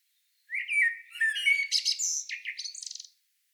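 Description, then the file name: Common blackbird song phrase: a low fluted warble sliding around mid pitch, then a fast, high, squeaky twitter that ends in a rattling buzz; no other sounds. "Turdus merula"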